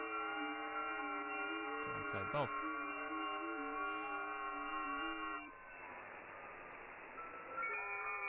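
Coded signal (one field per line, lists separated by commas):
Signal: FT8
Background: speech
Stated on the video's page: FT8 via WSJT-X, hunting European stations, recorded from a livestream.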